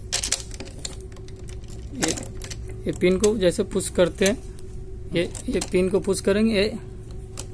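A locking clip on an electric actuator is handled as it is fitted onto the motorized valve, with short sharp handling knocks early on and someone talking through most of the clip. The clip ends before the part goes home, so nothing has seated or clicked yet.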